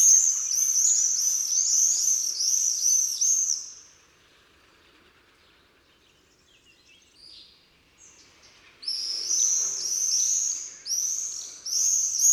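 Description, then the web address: Swifts giving shrill, high, trilled screams in a long burst, then a quiet gap of several seconds before the screaming returns. Swifts in jousting flights. "annee nature les joutes du martinet"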